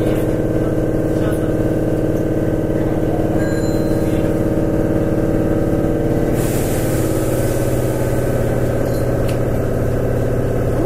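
An express train on the Takarazuka Line runs steadily, with a deep continuous rumble and a pulsing low drone under faint higher whines. Around six seconds a hiss rises over the top and lingers, with brief clicks near one, three and nine seconds.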